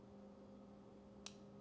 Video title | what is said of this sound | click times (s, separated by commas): How I LOSE FAT and GAIN MUSCLE 💪🏼 | then boom it clicks just under 20 | 1.3 s